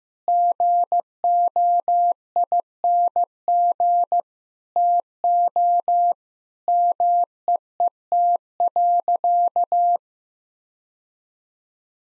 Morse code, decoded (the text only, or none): GOING TO MEET.